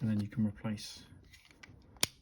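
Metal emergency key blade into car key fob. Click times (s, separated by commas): 2.0 s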